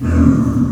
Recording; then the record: squeal of a Yucatan mini pig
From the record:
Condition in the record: after surgery on the right vocal fold (resection and tissue-engineered implant); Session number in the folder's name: 11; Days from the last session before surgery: 98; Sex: female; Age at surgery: 19 weeks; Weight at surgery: 25 kg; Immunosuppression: prednisolone